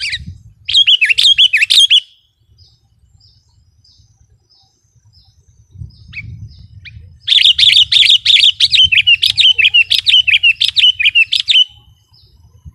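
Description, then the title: Sooty-headed bulbul song and chatter: a two-second bubbly phrase, a quiet gap with faint ticks, then a long run of rapid repeated chirping notes. "kutilang"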